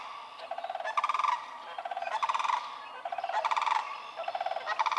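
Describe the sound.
Sandhill crane rolling calls, rattled trumpeting bursts repeated steadily.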